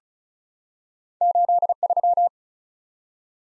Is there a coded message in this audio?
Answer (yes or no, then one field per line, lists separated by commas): yes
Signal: Morse code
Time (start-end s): 1.2-2.3 s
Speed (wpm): 36 wpm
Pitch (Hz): 700 Hz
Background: none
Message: 83